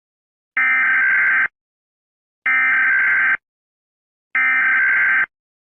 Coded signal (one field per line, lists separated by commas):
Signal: Emergency Alert System (SAME) tones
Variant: header bursts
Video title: The black spiral EAS scenario